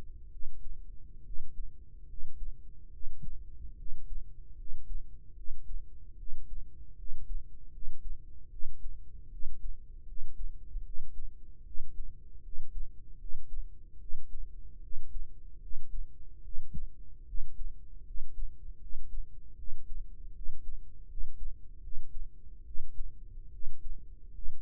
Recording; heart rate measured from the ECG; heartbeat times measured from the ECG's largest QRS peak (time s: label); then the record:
heart sounds by microphone in the right ear; 75 bpm
0.29 s: heartbeat
1.23 s: heartbeat
2.06 s: heartbeat
2.90 s: heartbeat
3.75 s: heartbeat
4.55 s: heartbeat
5.34 s: heartbeat
6.16 s: heartbeat
6.95 s: heartbeat
7.70 s: heartbeat
8.49 s: heartbeat
9.29 s: heartbeat
10.04 s: heartbeat
10.82 s: heartbeat
11.63 s: heartbeat
12.41 s: heartbeat
13.17 s: heartbeat
13.98 s: heartbeat
14.80 s: heartbeat
15.59 s: heartbeat
16.41 s: heartbeat
17.24 s: heartbeat
18.03 s: heartbeat
18.78 s: heartbeat
19.55 s: heartbeat
20.32 s: heartbeat
21.06 s: heartbeat
21.80 s: heartbeat
22.63 s: heartbeat
23.50 s: heartbeat
24.31 s: heartbeat
From the record:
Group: healthy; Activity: rest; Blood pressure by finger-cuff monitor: 121/85 mmHg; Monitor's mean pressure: 92 mmHg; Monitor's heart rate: 75 bpm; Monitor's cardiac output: 5.5 L/min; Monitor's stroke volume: 73 mL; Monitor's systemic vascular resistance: 1230 dyn s/cm5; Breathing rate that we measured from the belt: 22 breaths a minute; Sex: male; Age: 21 years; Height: 170 cm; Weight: 71 kg